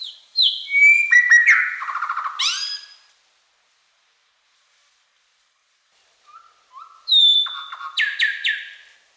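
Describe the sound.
Sandstone shrike-thrush singing two varied phrases of loud clear whistles, slurred notes and burry rattles, separated by a few seconds of silence.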